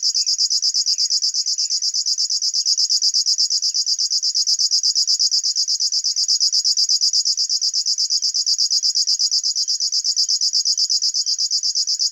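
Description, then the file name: River warbler song, a continuous high, pulsing mechanical buzz repeated steadily without a break, with faint chirps beneath. "Schlagschwirl - Locustella fluviatilis"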